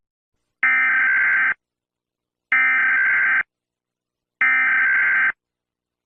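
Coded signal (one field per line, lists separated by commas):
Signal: Emergency Alert System (SAME) tones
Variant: header bursts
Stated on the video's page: Fictional analog horror alert scenario that may contain valid EAS tones.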